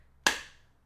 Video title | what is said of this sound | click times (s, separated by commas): The BEST ONE YET!! - Benks Armor Pro for iPhone 17 Pro Max/Air | Solid click onto there. | 0.3 s